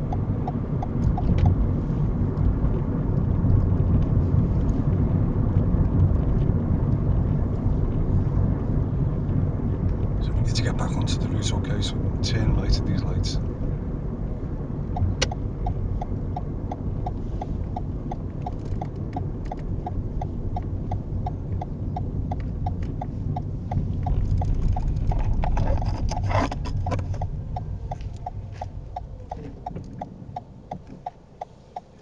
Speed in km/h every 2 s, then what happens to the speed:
44, 44, 44, 44, 44, 42, 40, 39, 35, 34, 29, 23, 16, 6, 0, 0.
0-8 steady at about 44. 8-28 slows to 0. 28-32 standing.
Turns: none.